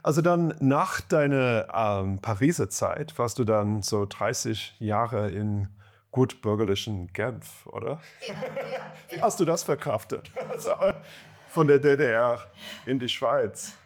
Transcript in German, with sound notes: Also dann nach deiner Pariser Zeit warst du dann so 30 Jahre in gutbürgerlichem Genf, oder? [lacht] Wie hast du das verkraftet? Von der DDR in die Schweiz.